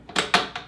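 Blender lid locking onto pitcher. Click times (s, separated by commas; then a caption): 0.3 s. The handle of a Ninja Mega Kitchen System blender pitcher is pushed down over the plastic lid, with a couple of light plastic knocks around 0.1 and 0.2 s. A sharp snap at 0.4 s locks the lid onto the pitcher, followed by a softer click at about 0.6 s.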